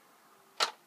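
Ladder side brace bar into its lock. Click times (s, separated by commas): 0.6 s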